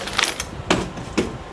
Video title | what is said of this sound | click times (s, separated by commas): My Favorite Shopping Basket And Laundry Cart | like that until it locks into place that's it guys | 0.7 s